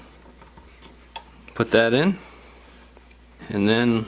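A flex cable connector is pressed onto its socket on an iPhone 6 logic board and seats with a sharp click at 1.2 s, preceded and followed by a few faint small ticks. Someone talks.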